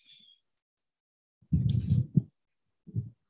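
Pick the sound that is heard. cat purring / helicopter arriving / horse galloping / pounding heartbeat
pounding heartbeat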